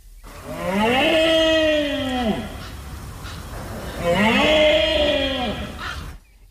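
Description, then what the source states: Deer giving two long, drawn-out bellows, each about two seconds, rich in harmonics and dropping in pitch at the end, separated by a short pause. Imagined as a mature adult male with imposing antlers making himself noticed among females and other males; giving a warning; Alto Tajo, Guadalajara/Cuenca, Spain.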